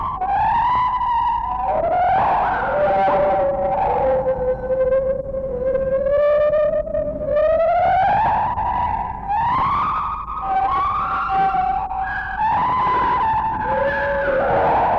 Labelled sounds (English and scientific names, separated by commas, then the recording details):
Lar Gibbon (Hylobates lar)
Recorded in captivity
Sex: pair
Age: adult
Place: Zoo Berlin, Berlin, DE
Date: 1961-01-07 14:00
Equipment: Minifon, Kopie Smaragd
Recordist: Tembrock, Günter
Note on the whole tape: Duette des Paares, sie beginnt. Innenaufnahme, z.T. etwas hoch ausgesteuert